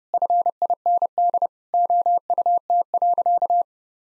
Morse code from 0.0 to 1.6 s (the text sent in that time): FIND